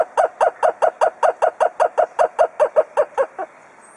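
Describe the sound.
Kookaburra giving a chuckling series of many short, harsh notes at a fairly even, quick pace, then stopping.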